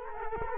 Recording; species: mosquito wingbeat signal from an infrared sensor; Culex quinquefasciatus